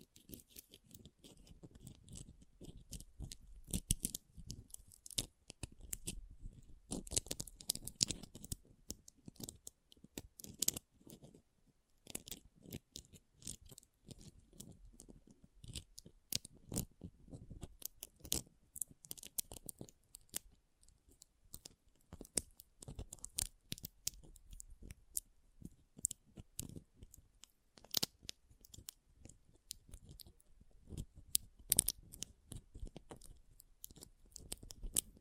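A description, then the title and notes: Pom pom tingles: a dense, crackly rustling made of countless tiny clicks and crisp snips, running without pause for the whole clip. The texture is bright and irregular, with louder bursts scattered throughout, around 7, 17, 28 and 32 seconds. ASMR Ultimate Pom Pom Tingles (No Talking).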